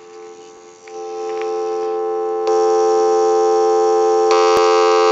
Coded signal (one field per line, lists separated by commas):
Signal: telephone call progress tone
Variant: North America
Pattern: dial tone